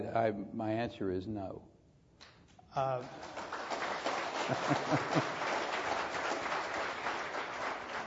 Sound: applause